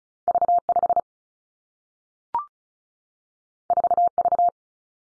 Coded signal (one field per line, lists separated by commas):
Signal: Morse code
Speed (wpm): 36 wpm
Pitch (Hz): 700 Hz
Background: none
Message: V 5 4 V